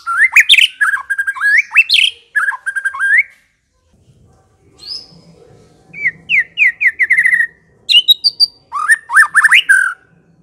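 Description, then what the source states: White-rumped shama song: lively runs of rich slurred whistles, a short lull with faint low noise, then renewed bursts of repeated rising whistled notes. Long-duration song used as a lure (pikat) for attracting birds.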